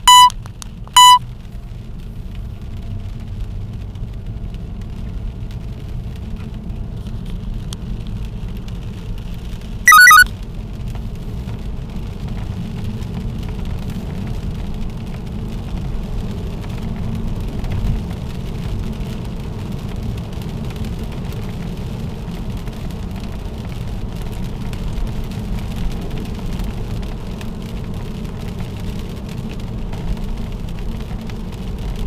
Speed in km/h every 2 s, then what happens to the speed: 24, 31, 37, 39, 40, 47, 52, 63, 66, 69, 70, 72, 72, 73, 72, 69.
0-17 speeds up to 69. 17-27 steady at about 72.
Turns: none.